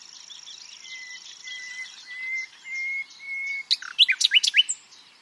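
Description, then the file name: Common nightingale singing a slow run of pure, slightly rising whistles that swell in loudness, then bursting into sharp, rapid, varied notes; steady high whine in the background. "Luscinia megarhynchos"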